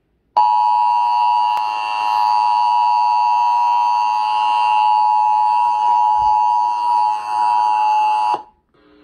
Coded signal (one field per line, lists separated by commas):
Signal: Emergency Alert System (SAME) tones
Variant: 853 and 960 Hz attention tone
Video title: Edited EAS # 8: DC Metropolitan Area Required Monthly Test WETA FM